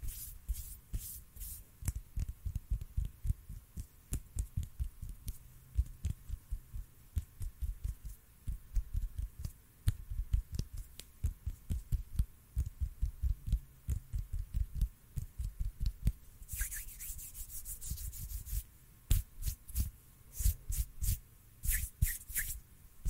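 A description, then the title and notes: Hands rub and brush together in quick, fairly regular strokes, each a soft low thump with a dry swish on top. The pace stays busy throughout, and from about 16 seconds brighter scratchy rustles join in, returning in short bursts near the end. ASMR HAND SOUNDS, INTENSE HAND SOUNDS, ASMR HAND MOVEMENTS.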